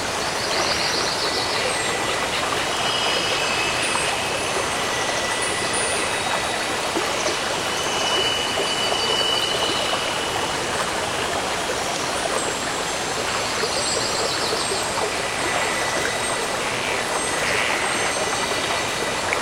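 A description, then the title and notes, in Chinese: A forest river rushes past, a dense, unbroken wash of water noise that holds steady for the whole stretch with a full, hissing top. Faint thin chirps, likely birds, surface high above the flow, most noticeably around the middle. 自然·白噪音 - 林河水。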